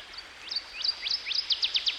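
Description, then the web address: Northern waterthrush song, a quick series of sharp chips that speed up and grow louder toward the end, over a steady background hiss. By a stream. "Dan Gibson Songbirds By The Stream. Northern Waterthrush"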